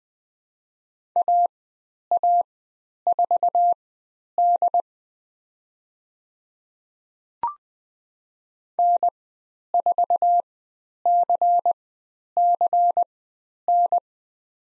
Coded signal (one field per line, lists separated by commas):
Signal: Morse code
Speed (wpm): 20 wpm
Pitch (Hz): 700 Hz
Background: none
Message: AA4D N4CCN